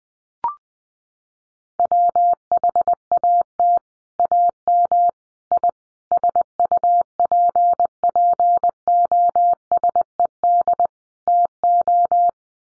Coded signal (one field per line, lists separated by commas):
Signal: Morse code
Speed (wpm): 20 wpm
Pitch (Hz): 700 Hz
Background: none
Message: WHAT AM I SUPPOSED TO